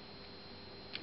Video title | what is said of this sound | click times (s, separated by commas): OSET Bikes DownUnder - Leonelli Lanyard safety switch Installation | can hear it click sometimes then | 1.0 s